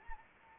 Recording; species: mosquito wingbeat signal from an infrared sensor; Anopheles arabiensis